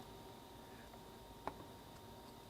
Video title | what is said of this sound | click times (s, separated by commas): GEARWRENCH 89620 Torque Screwdriver Review [10 to 50 in/lbs] | push this to back it out you see it it locks back into the open position | 1.5 s